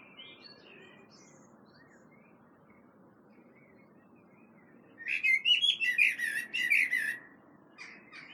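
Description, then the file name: Common blackbird singing: a faint fluty phrase at the start, then after a quiet stretch a loud warbled phrase breaking into high, rapid twittering. "Turdus merula"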